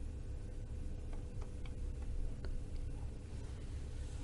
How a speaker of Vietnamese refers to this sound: Tiếng tí ta tí tách vang lên, tiếng nước nhỏ xuống đá vang bên tai.